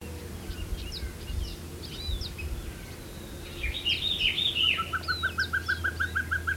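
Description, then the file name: Pacific pygmy owl: scattered chirps and a burst of bright song from other birds, then a Pacific pygmy owl begins a rapid, regular series of short toots near the end. "Glaucidium peruanum - Pacific Pygmy Owl"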